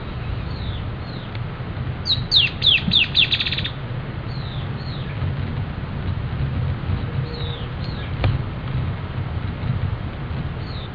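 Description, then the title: Dusky-tailed antbird gives an accelerating series of high, down-slurred notes ending in a buzzy trill, followed by scattered single falling notes and a low background rumble. "LuckyPassaro Completos2Sama. Dusky-tailed Antbird (Drymophila malura)"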